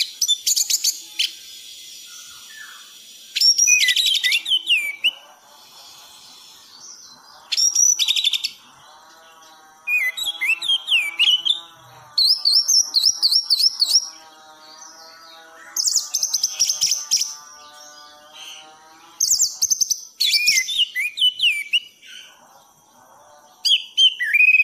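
An anis songbird sings in loud bursts of rapid, bright warbles and whistles, separated by short pauses, with quieter lower tones between phrases.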